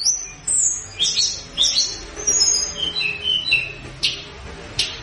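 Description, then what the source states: Flowerpecker twittering: brief high whistled slurs and crisp ticks in loose bursts, ending with two sharp clicks. Mountain-flowerpecker song in full, lively voice, played as a lure sound to draw answers from wild birds.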